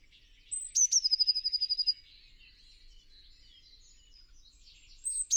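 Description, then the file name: Eurasian blue tit giving one full song, a high thin note then a fast even trill, followed by quiet background twittering and the start of another phrase at the end. "Cyanistes caeruleus"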